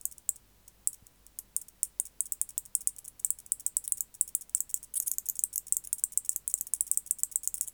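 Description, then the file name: White-faced bush-cricket song, starting as sparse scattered ticks that quicken into a steady, rapid high-pitched ticking. "Decticus albifrons"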